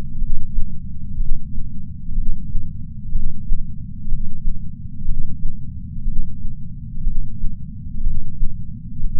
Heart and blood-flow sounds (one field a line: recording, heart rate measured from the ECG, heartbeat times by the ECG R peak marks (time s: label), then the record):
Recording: heart sounds by patch sensor on the chest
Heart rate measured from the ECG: 61 bpm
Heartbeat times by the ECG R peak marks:
0.18 s: heartbeat
1.17 s: heartbeat
2.15 s: heartbeat
3.12 s: heartbeat
4.08 s: heartbeat
5.05 s: heartbeat
6.04 s: heartbeat
7.04 s: heartbeat
8.03 s: heartbeat
9.00 s: heartbeat
From the record:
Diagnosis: coronary artery disease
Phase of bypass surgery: preoperative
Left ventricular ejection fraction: 62.4%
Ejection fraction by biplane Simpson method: 59%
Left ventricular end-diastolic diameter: 53 mm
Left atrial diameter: 40 mm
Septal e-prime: 7.2 cm/s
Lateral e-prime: 9.5 cm/s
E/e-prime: 9.1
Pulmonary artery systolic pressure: 23 mmHg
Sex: male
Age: 60 years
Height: 180 cm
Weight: 100 kg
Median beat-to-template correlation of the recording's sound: 0.92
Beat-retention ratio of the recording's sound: 0.96